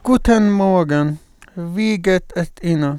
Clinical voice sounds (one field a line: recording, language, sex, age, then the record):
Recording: spoken sentence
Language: German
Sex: male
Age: 30 to 39 years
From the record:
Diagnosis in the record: mutational falsetto, hypernasality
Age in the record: 38 years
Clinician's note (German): Mutationsfistelstimme bei eingeschränkter phonatorischer Kontrolle; Rhinophonie aperta